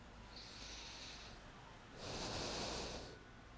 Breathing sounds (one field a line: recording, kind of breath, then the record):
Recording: one breath in and out by a microphone near the nose and mouth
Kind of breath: deep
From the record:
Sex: male